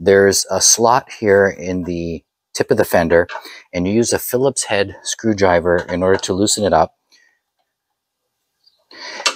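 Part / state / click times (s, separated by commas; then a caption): front turn indicator housing in car fender / released / 9.3 s. Someone talks while a Phillips screwdriver loosens the screw in the slot at the tip of a BMW fender, holding the front turn indicator housing. After a quiet pause and a faint tick, a loud sharp hit at 9.3 s marks the housing popping free of the fender.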